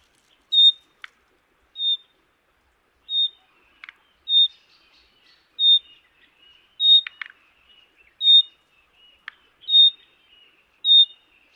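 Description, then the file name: Common nightingale giving a long series of short whistled notes, roughly one every second or so, interspersed with occasional dry clicks. "Luscinia megarhynchos"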